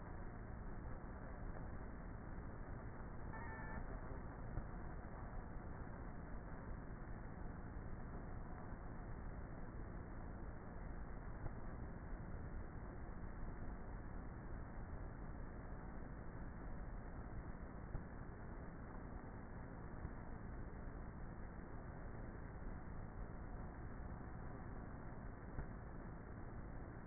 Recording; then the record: honeybee colony, microphone inside the hive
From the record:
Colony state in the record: queenless with a low population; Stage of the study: before two queens were removed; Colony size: about 30,000 bees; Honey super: no